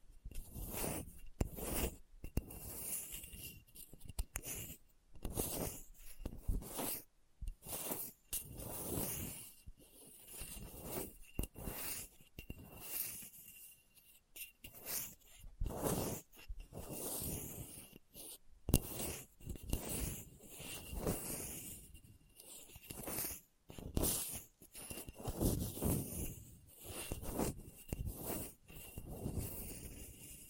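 Scratching over a hard, bumpy surface in rough, uneven strokes, each a brief bright rasp with short silent gaps, continuing steadily throughout.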